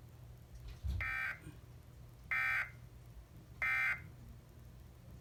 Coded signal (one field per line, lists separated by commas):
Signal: Emergency Alert System (SAME) tones